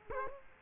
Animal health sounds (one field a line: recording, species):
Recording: mosquito wingbeat signal from an infrared sensor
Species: Culex quinquefasciatus